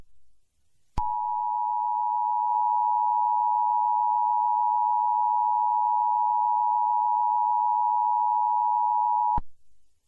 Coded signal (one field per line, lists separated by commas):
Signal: Emergency Alert System (SAME) tones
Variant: 853 and 960 Hz attention tone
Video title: EAS Short Scenario #10 - Gamma Ray Hits Earth